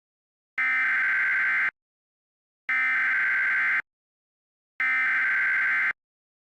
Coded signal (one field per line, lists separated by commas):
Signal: Emergency Alert System (SAME) tones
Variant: header bursts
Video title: EAS Recreation - FLASH FLOOD EMERGENCY for New Orleans, LA! [Hurrcane Francine] (September 11, 2024)